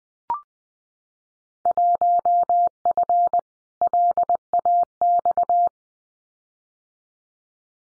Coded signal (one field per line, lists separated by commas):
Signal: Morse code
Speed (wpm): 19 wpm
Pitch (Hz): 700 Hz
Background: none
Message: 1F LAX